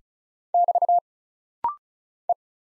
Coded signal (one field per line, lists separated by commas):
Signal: Morse code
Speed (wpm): 33 wpm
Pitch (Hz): 700 Hz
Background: none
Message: <BT> E